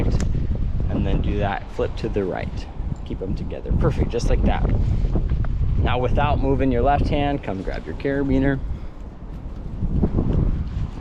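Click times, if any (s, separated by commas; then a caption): none. A harness carabiner on a paraglider harness is grabbed and lined up with the glider riser before it is hooked in, while someone talks. Nothing has clicked or seated yet.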